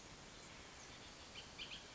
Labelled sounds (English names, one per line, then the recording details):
Bullock's Oriole
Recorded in Sonoma County, California